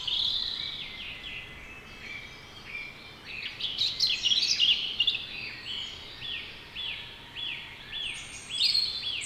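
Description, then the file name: European robin delivering varied high warbles, then a series of thin notes repeated about twice a second, ending with a bright flourish, over steady hiss. "Erithacus rubecula"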